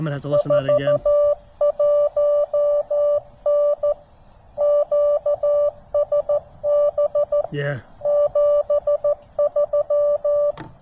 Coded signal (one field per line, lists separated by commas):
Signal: Morse code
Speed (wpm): 14 wpm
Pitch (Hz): 590 Hz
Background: speech, music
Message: 41N QSB 73